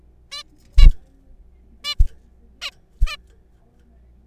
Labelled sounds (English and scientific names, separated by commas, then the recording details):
Zebra Finch (Taeniopygia guttata)
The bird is a juvenile
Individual R3428